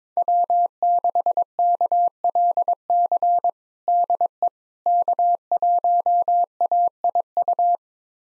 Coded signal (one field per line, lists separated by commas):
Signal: Morse code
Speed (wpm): 22 wpm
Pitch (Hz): 700 Hz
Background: none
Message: W6KLC DE K1AIU